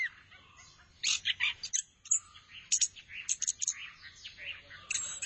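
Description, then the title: Thrush song of scattered bright chirps and sharp high notes between softer warbling. "burung anis x"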